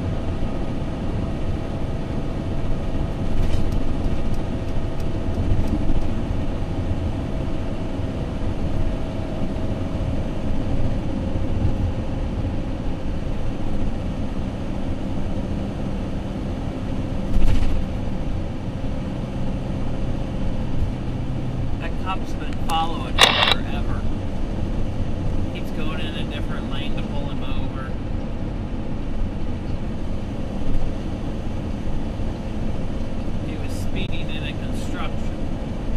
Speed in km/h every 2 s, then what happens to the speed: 113, 114, 113, 111, 109, 108, 106, 106, 105, 103, 103, 101, 103, 101, 100, 101, 101, 101.
0-36 slows to 101.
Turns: none.